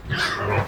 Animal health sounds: contact call of a hoofed animal; wild boar; grunt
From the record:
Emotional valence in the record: negative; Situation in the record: naturally occurring agonistic interactions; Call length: 0.68 s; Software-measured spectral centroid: 2530 Hz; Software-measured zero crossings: 2510 a second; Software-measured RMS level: -24 dBFS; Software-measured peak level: -12 dBFS

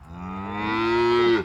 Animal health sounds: contact call of a hoofed animal; cattle; low-frequency (closed-mouth) or high-frequency (open-mouth) call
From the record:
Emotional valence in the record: negative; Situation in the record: full separation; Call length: 1.44 s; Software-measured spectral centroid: 1690 Hz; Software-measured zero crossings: 1280 a second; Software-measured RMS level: -23 dBFS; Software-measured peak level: -10 dBFS

